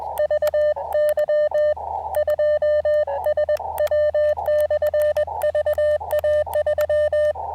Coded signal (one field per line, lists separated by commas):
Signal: Morse code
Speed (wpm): 21 wpm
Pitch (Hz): 590 Hz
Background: none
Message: VY2SW/VA3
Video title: Fort Wellington POTA: Can the AX1 Deliver During Rough Band Conditions?